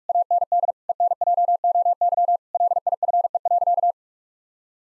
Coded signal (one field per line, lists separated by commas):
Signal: Morse code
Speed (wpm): 41 wpm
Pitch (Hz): 700 Hz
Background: none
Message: AND ENJOY LIFE.